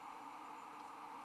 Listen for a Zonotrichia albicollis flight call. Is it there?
no